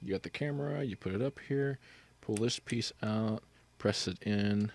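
A camera with its quick-release plate is set onto a tripod head; the lever on the clamp is pulled out and the plate pressed in, with the spring-loaded lever about to be pushed back over to lock it. Someone talks throughout, with only faint handling noise between phrases. Nothing has seated or clicked yet.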